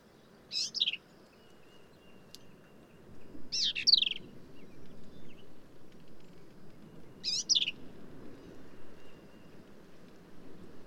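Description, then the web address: Black-capped vireo song: three short, quick phrases of high, sharp, falling notes spaced several seconds apart, with a soft low rumble beneath. "birdsongforthecurious Black-capped Vireo"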